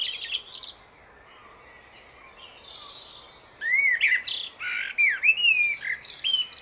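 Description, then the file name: Common blackbird song. A brief squeaky start, a few quiet seconds, then a rich phrase of looping fluty whistles mixed with high chattering notes. "Turdus merula"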